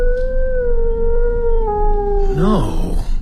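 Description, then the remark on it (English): A distant dog howls on a moor in one long, mournful note that slowly sinks in pitch, then breaks into a wavering, quivering tail, all over a steady low rumble. “Sounded like a howl. One of those damned sheepdogs lost on the moor, probably.”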